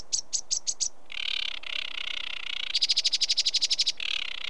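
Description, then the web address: Sedge warbler song: a few sharp clicks, then a sustained grating buzz, followed by a fast rattling trill and a return to the harsh buzz. British birds. "The BBC Sound Effects Library (British Birds) Sedge Warbler"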